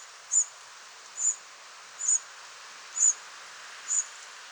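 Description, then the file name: Firecrest calls: five very high, thin, piercing notes spaced roughly one second apart, against a constant faint hiss. "brandkronad"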